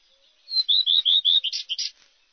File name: rouge queue a front blanc